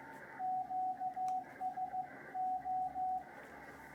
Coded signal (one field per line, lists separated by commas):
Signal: Morse code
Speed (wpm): 15 wpm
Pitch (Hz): 740 Hz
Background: radio noise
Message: QSO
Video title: Getting Back Into Morse Code